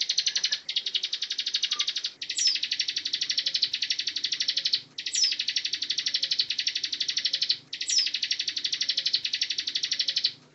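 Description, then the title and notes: Bar-winged Prinia song: long, dense buzzy rattles of about one and a half to three seconds each, most opening with a brief high sharp note, separated by short pauses. Ngebren song style, recorded as tutor song for training white-rumped shamas (murai batu). "Ciblek Ngebren Untuk Masteran Murai Batu. Suara burung ciblek"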